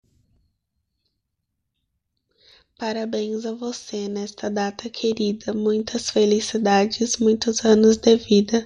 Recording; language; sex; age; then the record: short text; Brazilian Portuguese; female; 20 to 29 years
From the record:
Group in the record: control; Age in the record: 22 years